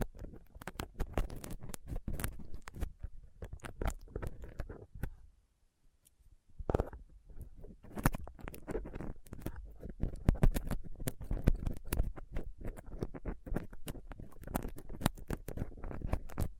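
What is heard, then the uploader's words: Small tools pick and scrape at a rough microphone surface, making dense, irregular scratches, taps and rustling ticks. The scraping runs almost continuously, with a brief pause around five to six seconds, then grows busier and slightly louder toward the end. ASMR Rough Mic Picking using Dental PickTweezersCotton Swab (No Talking).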